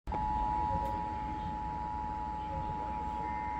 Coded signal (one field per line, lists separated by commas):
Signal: Emergency Alert System (SAME) tones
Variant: 853 and 960 Hz attention tone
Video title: SVR WXL50 EAS #4346